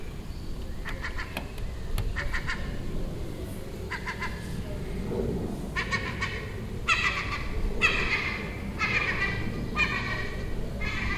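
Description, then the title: Gull calls, short stuttering nasal bursts that build into longer, louder harsh cries spaced about a second apart, against a low background hum. Gull nesting on a neighbouring roof, calling all day for a week; Den Haag, Netherlands, 18 June 2017. "Seagull Chatter (Den Haag"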